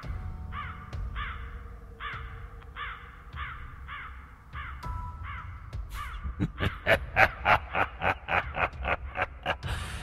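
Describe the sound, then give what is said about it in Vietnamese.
A flock of crows caws while circling over the roof of a café, with no voices present: first a steady series of evenly spaced calls, then a louder, rapid burst of harsh, overlapping caws. “Từ bên ngoài, một đàn quạ từ đâu kéo đến bay ráo rác, tụ lại thành một đám đen xì xì, trao lượn ở ngay trên nóc của quán cà phê, kêu lên những tiếng thê thiết giận người.”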